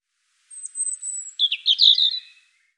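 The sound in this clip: European robin song phrase: a thin, very high drawn-out whistle followed by a quick jumble of sweet, tumbling notes that fade away.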